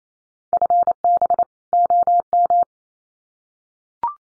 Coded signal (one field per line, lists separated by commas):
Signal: Morse code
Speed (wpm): 28 wpm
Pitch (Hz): 700 Hz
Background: none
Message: FB OM